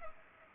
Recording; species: mosquito wingbeat signal from an infrared sensor; Culex pipiens